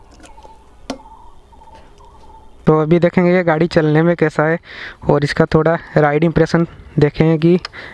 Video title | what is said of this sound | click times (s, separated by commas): Bajaj Pulsar N 250 Full Detailed Review - Exhaust Sound - On Road Price - Features ? Pulsar 250 | और lock करना है तो बस दबा दीजिए ये लॉक हो जाएगा। | 0.9 s